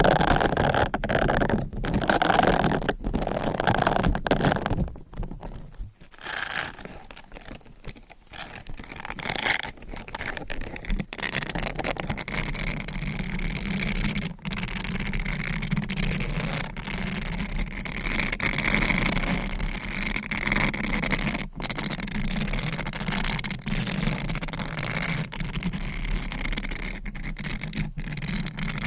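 Mic scratching, tapping and brushing fill the recording, with a low rumbling rub running almost throughout. The first ten seconds are choppy, broken by short gaps and sharp taps; after that the brushing settles into a denser, steadier texture, still punctuated by occasional crisp taps.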